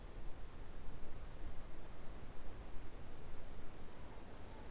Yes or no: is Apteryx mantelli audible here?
no